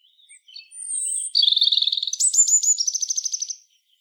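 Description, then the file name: European robin phrase: a few soft notes, a sustained high whistle, a buzzy trill, then a fast series of bright repeated notes. "Erithacus rubecula"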